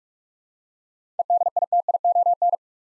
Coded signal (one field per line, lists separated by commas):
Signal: Morse code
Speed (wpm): 44 wpm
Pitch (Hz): 700 Hz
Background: none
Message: EDITION